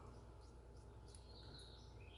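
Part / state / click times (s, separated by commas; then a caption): retaining clip on a camp stove fuel pump / not seated / none. A retaining clip is being fitted onto the rebuilt fuel pump assembly of a Coleman 508 camp stove, with steady background noise and high chirps throughout. There is only a faint short hit near 1.2 s and no clear snap, so the clip has not clicked into place yet.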